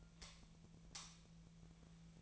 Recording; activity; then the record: daily activity, microphone in the room; light off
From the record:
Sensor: 1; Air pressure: 1009.8 hPa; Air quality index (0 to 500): 190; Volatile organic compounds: 18 ppm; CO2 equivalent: 2612 ppm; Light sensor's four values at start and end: 46/133/55/62 and 35/89/37/45